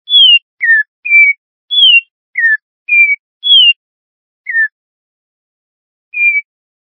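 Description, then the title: Bird song of clean whistles cycling high slurred note, low falling note, level middle note, repeated about three times, the last cycle drawn out with long gaps; nothing else audible. "LuckyPassaros CompletosSama"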